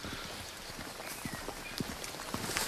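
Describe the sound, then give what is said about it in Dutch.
Steady footsteps crunch along a small path into a forest, several people walking at an unhurried pace over soft ground with twigs and leaves, the irregular thuds and rustles continuing under a faint outdoor hiss. “Een klein stukje verder, dan lopen we een klein paadje het bos in”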